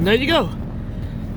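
A plastic retaining clip in the seat and headrest trim of a 2002 Chevrolet Suburban is being worked by hand during a headrest monitor install. Someone talks briefly over a low, steady rumble. The trim has not seated and no click has happened yet.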